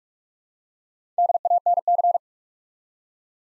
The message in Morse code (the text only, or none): DANC